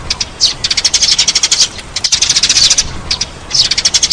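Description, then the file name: Sparrow chirps, staccato high notes in quick succession, rising and falling in loudness across short bursts. "Tieng se"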